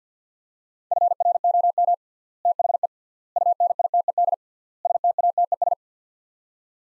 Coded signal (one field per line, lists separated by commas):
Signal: Morse code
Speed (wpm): 45 wpm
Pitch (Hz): 700 Hz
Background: none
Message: FROM THE UNITED STATES